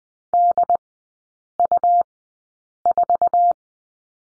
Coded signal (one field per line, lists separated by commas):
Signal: Morse code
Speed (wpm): 20 wpm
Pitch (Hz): 700 Hz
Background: none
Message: DU4